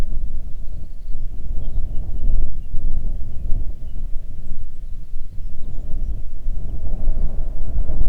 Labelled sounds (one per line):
bird
wind